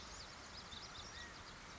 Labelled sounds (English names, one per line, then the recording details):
California Quail
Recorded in Sonoma County, California